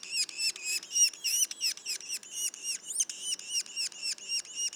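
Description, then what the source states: Yellow-bellied sapsucker calls, harsh squeaky notes repeated about three to four times a second, slightly uneven, with a few overlapping sharper squeaks. Juveniles, recorded in Mont-Orford National Park, Quebec.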